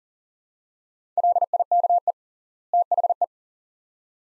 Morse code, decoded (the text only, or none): LIKE THE